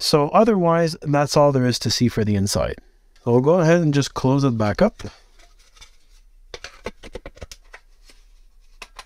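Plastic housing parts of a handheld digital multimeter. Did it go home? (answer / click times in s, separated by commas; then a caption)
yes / 7.5 s, 8.8 s. Someone talks for about five seconds, then the plastic housing parts of a Kaiweets KM601 handheld digital multimeter are pressed back together after its internals were shown, giving a series of short, sharp clicks and taps. The parts snap into place with clear clicks at 7.5 s and 8.8 s, and the case is seated.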